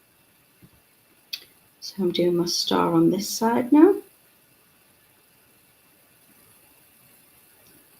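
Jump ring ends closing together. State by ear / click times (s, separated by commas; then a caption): seated / 1.3 s. Someone closes a metal jump ring with pliers, pushing its two ends slightly past the closing point so they spring back, and a small sharp click at 1.3 s shows the ends have lined up. Someone then talks.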